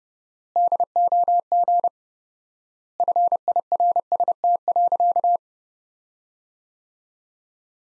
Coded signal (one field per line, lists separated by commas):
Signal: Morse code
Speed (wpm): 32 wpm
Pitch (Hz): 700 Hz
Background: none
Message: DOG FIRST.